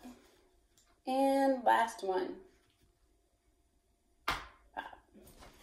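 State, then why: Seated. The last snap on a vest is pressed closed, with its stud pushed into the socket. Someone talks, and then the snap pops shut with a sharp click at 4.3 s. A smaller tap follows just after, and the last snap is fastened.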